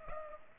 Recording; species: mosquito wingbeat signal from an infrared sensor; Culex pipiens